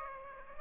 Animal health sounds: mosquito wingbeat signal from an infrared sensor; Aedes aegypti

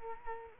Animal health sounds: mosquito wingbeat signal from an infrared sensor; Culex quinquefasciatus

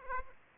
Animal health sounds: mosquito wingbeat signal from an infrared sensor; Aedes aegypti

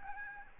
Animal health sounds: mosquito wingbeat signal from an infrared sensor; Aedes albopictus

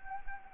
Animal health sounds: mosquito wingbeat signal from an infrared sensor; Anopheles gambiae

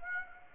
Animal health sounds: mosquito wingbeat signal from an infrared sensor; Aedes aegypti

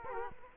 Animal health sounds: mosquito wingbeat signal from an infrared sensor; Culex quinquefasciatus

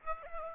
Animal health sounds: mosquito wingbeat signal from an infrared sensor; Aedes aegypti

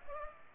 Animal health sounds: mosquito wingbeat signal from an infrared sensor; Culex pipiens

